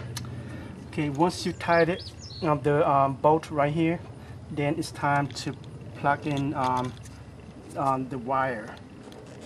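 Someone talks while working on the engine of a 2008 Toyota Corolla, with the ignition coil held on its bolt and the wiring harness plug being handled toward the coil. A few faint handling sounds occur near 0.2 s and 9.1 s. The plug has not clicked or seated on the ignition coil yet.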